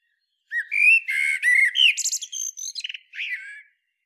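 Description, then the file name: Common blackbird singing one full phrase, low rich fluting notes sliding into a quick run of thin, high chattering twitters; otherwise quiet. "Turdus merula"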